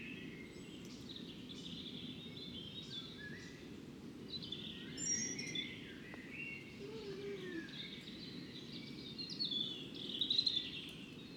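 An evening outside a fox den: a steady low rumble runs underneath while birds sing and chirp almost continuously in bright, overlapping phrases. The birdsong swells around the middle and again near the end, with a few sharper calls standing out.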